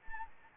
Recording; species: mosquito wingbeat signal from an infrared sensor; Anopheles arabiensis